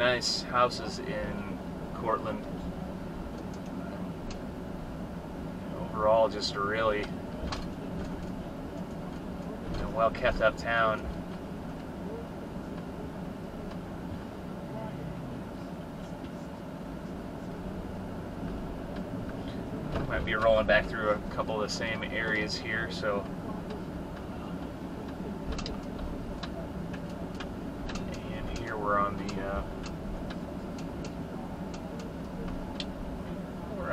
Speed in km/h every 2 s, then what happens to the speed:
19, 21, 19, 21, 21, 19, 18, 16, 11, 15, 18, 21, 23, 19, 19, 23, 21.
0-9 steady at about 21. 9-16 slows to 11. 16-22 speeds up to 21. 22-34 steady at about 21.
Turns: none.